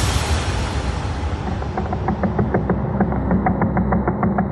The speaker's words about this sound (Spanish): Cuando lo escuchamos a velocidad lenta, el siseo del tono se convierte en un estallido rítmico. Es el sonido que emite una extraña clase de estrellas de neutrones llamadas púlsares.